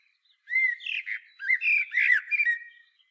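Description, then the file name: Common blackbird song: a short phrase of fluted whistles mixed with squeaky, scratchy high notes, on a quiet background. "Turdus merula"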